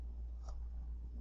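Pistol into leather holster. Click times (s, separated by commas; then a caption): 0.5 s. A Sig P365 pistol is pushed back into a molded leather 1791 Ultra Custom holster and snaps into its retention at 0.5 s. The seating makes a small, quiet snap rather than a loud kydex-style click, over a steady low hum.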